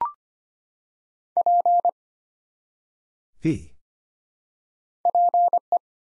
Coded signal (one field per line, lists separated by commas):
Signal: Morse code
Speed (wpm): 25 wpm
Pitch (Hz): 700 Hz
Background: none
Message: P PE